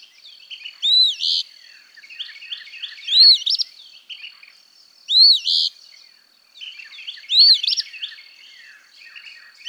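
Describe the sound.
Eastern Phoebe, burry two-note fee-bee songs given about every two seconds, with a steady high tone and soft background notes.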